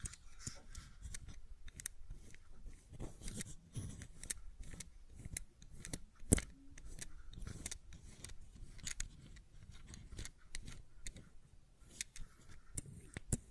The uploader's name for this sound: Fidget Cube Tapping and Clicking Sounds